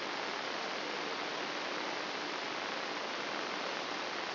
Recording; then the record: brain microelectrode recording played as sound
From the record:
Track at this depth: inside the subthalamic nucleus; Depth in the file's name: 3.566 mm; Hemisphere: left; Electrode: 3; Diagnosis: Parkinson's disease